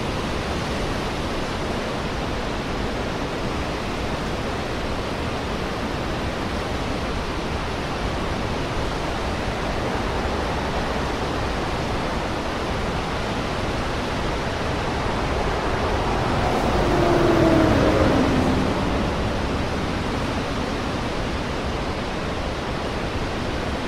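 Sea waves make a steady, dense wash of rushing noise with no clear breaks between them. Around 16 to 19 seconds the sound swells slightly louder, with a faint passing tone drifting downward, possibly a vehicle or aircraft.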